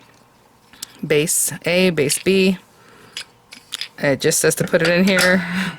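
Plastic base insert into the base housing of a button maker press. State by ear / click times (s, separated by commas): seated / 3.7 s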